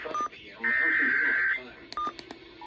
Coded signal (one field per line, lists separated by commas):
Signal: Emergency Alert System (SAME) tones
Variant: header bursts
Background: speech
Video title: Severe Thunderstorm Warning On Multiple Stations EAS#592-596